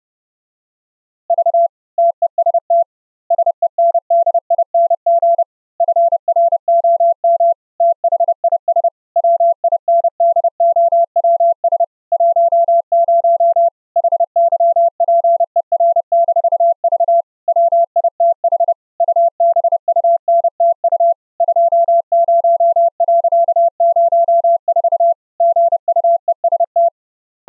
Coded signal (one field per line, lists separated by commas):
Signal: Morse code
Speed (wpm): 30 wpm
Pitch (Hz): 680 Hz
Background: none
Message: V TEST SENDING FROM THIS WINDOWS 10 HYPER-V WITH UBUNTU 20.04 GUEST